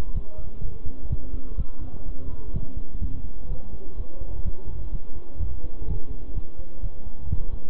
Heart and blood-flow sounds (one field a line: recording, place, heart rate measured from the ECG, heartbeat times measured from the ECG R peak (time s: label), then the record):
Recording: heart sounds by stethoscope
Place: between the tricuspid and mitral areas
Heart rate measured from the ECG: 126 bpm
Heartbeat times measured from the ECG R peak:
0.15 s: heartbeat
0.63 s: heartbeat
1.10 s: heartbeat
1.58 s: heartbeat
2.06 s: heartbeat
2.54 s: heartbeat
3.01 s: heartbeat
3.49 s: heartbeat
3.97 s: heartbeat
4.45 s: heartbeat
4.92 s: heartbeat
5.40 s: heartbeat
5.88 s: heartbeat
6.35 s: heartbeat
6.83 s: heartbeat
7.30 s: heartbeat
From the record:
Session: bicycle stress test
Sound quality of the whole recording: good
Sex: male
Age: 23 years